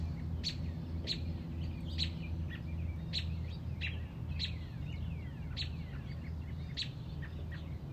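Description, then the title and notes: Robin giving sharp chirps at intervals, mixed with thin sliding whistles and a loud low hum. Mother robin on a front porch, protecting a newly hatched chick. "A Mother Robin’s Love. Stubbled upon a Mother Robin on our front porch. Protecting a newly born baby Robin"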